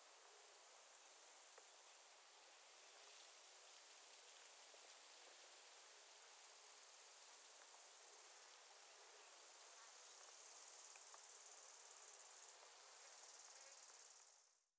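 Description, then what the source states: Bush-crickets make a continuous high buzzing hiss with faint regular ticking pulses, steady throughout before fading out sharply at the end. Roadside in Germany.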